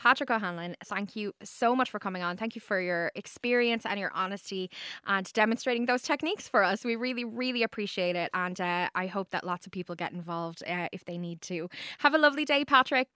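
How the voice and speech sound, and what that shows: Woman. Normal fluent speech.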